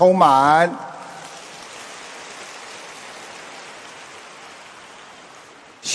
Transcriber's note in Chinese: 掌声